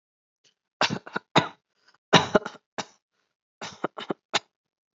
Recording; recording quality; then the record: shallow voluntary cough; excellent, no background noise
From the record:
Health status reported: respiratory illness, not identified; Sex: male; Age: 27 years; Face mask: not worn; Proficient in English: no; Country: India